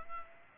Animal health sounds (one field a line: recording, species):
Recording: mosquito wingbeat signal from an infrared sensor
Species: Culex pipiens